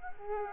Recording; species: mosquito wingbeat signal from an infrared sensor; Culex quinquefasciatus